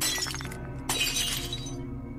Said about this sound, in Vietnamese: Mấy ngọn nến để gần đó cũng bị cái rèm tang nó hất vỡ đánh choang, làm cho bà giật mình.